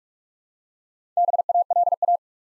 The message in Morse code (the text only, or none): BALA